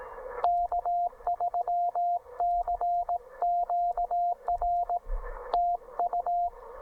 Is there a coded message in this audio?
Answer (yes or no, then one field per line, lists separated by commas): yes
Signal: Morse code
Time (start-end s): 0.4-6.5 s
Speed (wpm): 18 wpm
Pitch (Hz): 690 Hz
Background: radio noise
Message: K3CQR TU